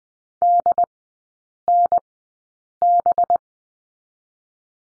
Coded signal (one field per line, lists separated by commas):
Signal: Morse code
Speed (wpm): 19 wpm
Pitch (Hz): 700 Hz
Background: none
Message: DNB